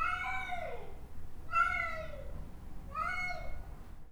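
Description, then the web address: Domestic cat giving three plaintive meows about every second and a half, each sliding slightly downward, over a steady low background hum. "animals cats charliemidi miaow"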